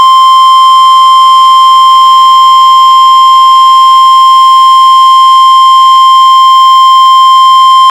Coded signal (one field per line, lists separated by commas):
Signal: Emergency Alert System (SAME) tones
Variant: 1050 Hz attention tone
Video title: [EAS Compilation] Northern Minnesota Flood Warnings August 18 2022